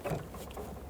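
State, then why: Not seated. A plastic trim bezel is handled at the door panel of a 1992–1996 Toyota Camry during front window regulator replacement, with its front clip about to be hooked into the panel before the other end is pressed so its retainer clip snaps in. Soft handling rustle is heard, with brief sharper sounds at about 0.4 s and 0.5 s. Nothing has seated or clicked yet.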